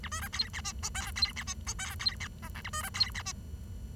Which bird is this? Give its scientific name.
Lonchura striata domestica